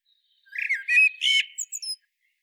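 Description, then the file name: Common blackbird delivering a single short fluty warble that breaks into shrill, scratchy high notes at the end. "Turdus merula"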